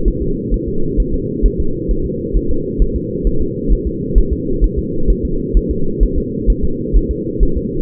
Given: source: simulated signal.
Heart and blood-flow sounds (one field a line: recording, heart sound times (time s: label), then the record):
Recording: fetal heart sounds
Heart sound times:
0.08 s: S1
0.23 s: S2
0.54 s: S1
0.69 s: S2
1.00 s: S1
1.14 s: S2
1.46 s: S1
1.60 s: S2
1.91 s: S1
2.06 s: S2
2.37 s: S1
2.51 s: S2
2.82 s: S1
2.96 s: S2
3.27 s: S1
3.42 s: S2
3.72 s: S1
3.87 s: S2
4.18 s: S1
4.33 s: S2
4.64 s: S1
4.79 s: S2
5.10 s: S1
5.25 s: S2
5.57 s: S1
5.71 s: S2
6.03 s: S1
6.18 s: S2
6.50 s: S1
6.64 s: S2
6.96 s: S1
7.11 s: S2
7.43 s: S1
7.58 s: S2
From the record:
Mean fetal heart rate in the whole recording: 130 bpm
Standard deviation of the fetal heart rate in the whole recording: 2 bpm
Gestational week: 36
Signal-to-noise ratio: -8.1 dB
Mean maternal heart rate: 72 bpm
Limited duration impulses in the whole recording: absent